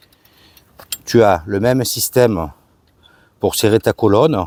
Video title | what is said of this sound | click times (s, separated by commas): Cyrusher Loop Vélo Électrique Pliant #cyrusher#campingcar #nomade #vanlife | Tu viens, tu entends un petit clic, | 0.9 s